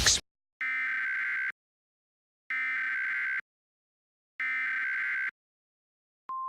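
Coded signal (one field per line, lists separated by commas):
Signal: Emergency Alert System (SAME) tones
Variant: header bursts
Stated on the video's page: Fictional scenario imagining a real missile alert, not an actual broadcast.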